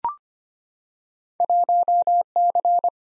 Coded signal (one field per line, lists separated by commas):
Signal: Morse code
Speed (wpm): 25 wpm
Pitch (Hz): 700 Hz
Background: none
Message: 1C